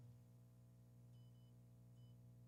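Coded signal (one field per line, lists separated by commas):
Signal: none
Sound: radio tuning beeps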